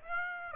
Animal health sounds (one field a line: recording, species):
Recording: mosquito wingbeat signal from an infrared sensor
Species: Aedes aegypti